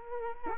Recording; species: mosquito wingbeat signal from an infrared sensor; Culex quinquefasciatus